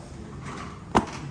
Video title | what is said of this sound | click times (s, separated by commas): gesture wrapped back removal and install 1 | the whole thing has to slide up slightly in order to lock into place then from here | 1.0 s